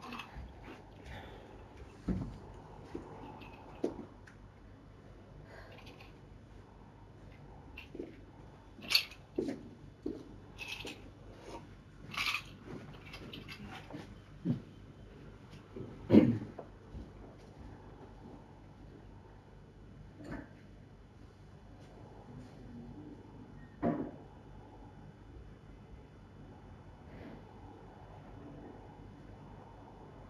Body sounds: background sound without coughing

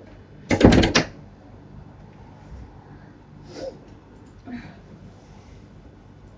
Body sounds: background sound without coughing

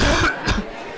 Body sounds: coughing mixed with background sound

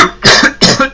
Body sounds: coughing

